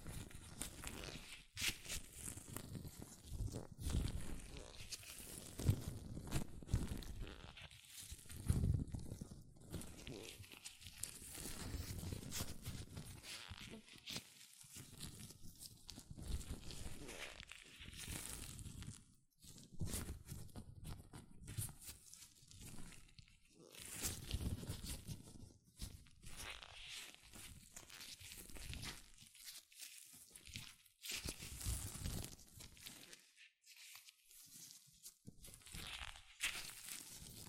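Latex gloves rubbing, snapping and squeaking in dense, irregular bursts, with brief quiet gaps near 19 and 33 seconds.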